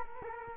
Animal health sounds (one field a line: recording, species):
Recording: mosquito wingbeat signal from an infrared sensor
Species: Culex quinquefasciatus